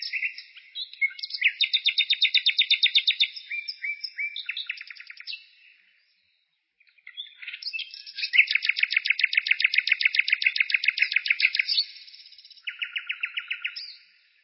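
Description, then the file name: Bird giving extended rolling trills in two long bursts separated by a short silence, with a shorter trill closing the sequence. "penie ptic - ptici"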